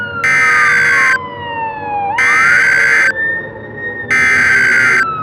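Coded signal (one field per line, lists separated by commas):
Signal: Emergency Alert System (SAME) tones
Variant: header bursts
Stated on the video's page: Simulated EAS scenario based on the Roblox game Blackhawk Rescue Mission 5.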